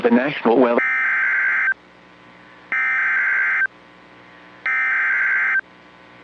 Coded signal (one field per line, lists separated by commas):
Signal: Emergency Alert System (SAME) tones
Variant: header bursts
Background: speech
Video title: Severe Weather Outbreak: EAS Alerts from Oct 24, 2025 on NOAA Weather Radio station KEC55 and WBAP